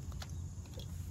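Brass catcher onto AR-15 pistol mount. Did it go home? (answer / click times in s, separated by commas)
no / none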